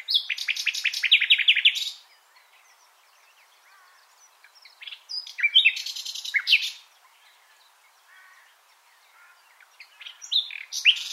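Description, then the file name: Common nightingale song: three loud, varied phrases separated by pauses, mixing rapid repeated trills, rich chattering notes and sharp whistles. "Luscinia megarhynchos"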